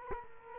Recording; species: mosquito wingbeat signal from an infrared sensor; Culex quinquefasciatus